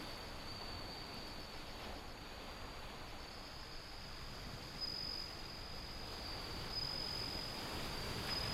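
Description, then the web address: Bell cricket song: a continuous thin high ringing that swells into brighter bell-like trills toward the end, partly buried under loud, steady rushing noise. Windy scene with ocean sound. "windy scape osean sound suzumushi"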